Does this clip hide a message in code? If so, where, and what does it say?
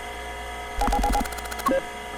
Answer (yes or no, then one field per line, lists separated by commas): no